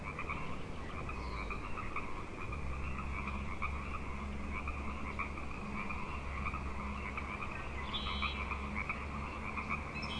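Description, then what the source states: Frog chorus of many overlapping croaking calls, continuous and dense, with a steady low rumble and a couple of faint higher chirps. Frog chorus on Grafton Lake, recorded 3 May 2009.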